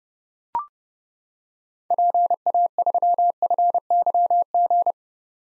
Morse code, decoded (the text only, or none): PA3FYG